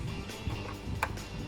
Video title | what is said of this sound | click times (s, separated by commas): 1. Kitchen Garden Set up and Watering | only bring it around once, you're only going to lock 1. | 1.0 s